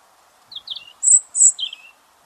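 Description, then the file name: European robin giving a short burst of thin high notes: descending squeaky notes, then two very high sibilant trills, then a falling final note. "Erithacus rubecula"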